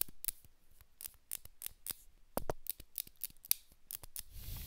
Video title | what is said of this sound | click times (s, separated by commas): Samsung Galaxy S8+: See why you shouldnt buy this one! | so what you're hearing is I'm pressing this here and it's making that click sound and that's because it's not adhering well | 0.0 s, 0.3 s, 1.3 s, 2.7 s, 3.0 s, 3.5 s